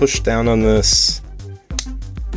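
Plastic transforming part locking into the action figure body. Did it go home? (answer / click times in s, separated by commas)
yes / 1.8 s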